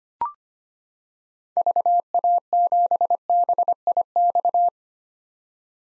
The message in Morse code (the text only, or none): VA7BIX